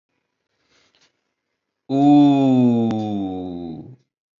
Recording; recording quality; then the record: sustained vowel as in boot; excellent, no background noise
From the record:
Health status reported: healthy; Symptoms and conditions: none ticked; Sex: male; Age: 54 years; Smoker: not ticked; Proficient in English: yes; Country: India